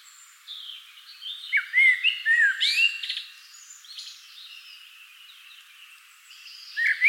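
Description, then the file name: Common blackbird singing a mellow whistled phrase that breaks into high twittering, then a quieter stretch before a fresh loud whistle. "Turdus merula"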